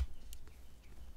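A crimped negative terminal pin, tab facing up, is handled at the hole of a plastic coupler housing, where it will join the green wire, while fitting a dual USB port to a Super Soco TC Wanderer / TS Street Hunter. Quiet handling noise over a low rumble includes one brief sharp tick at 0.3 s. Nothing has seated or clicked yet.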